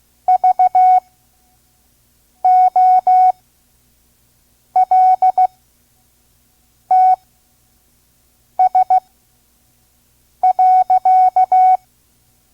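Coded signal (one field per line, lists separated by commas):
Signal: Morse code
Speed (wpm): 16 wpm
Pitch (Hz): 740 Hz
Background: none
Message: VOLTS.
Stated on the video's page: Vintage ARRL Morse course, listen-and-learn lesson at 5 words per minute.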